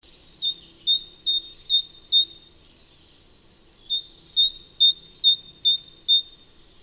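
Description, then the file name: Great tit song: two bursts of bright, see-sawing two-note phrases, each repeated rapidly several times, separated by a short pause. "Parus major"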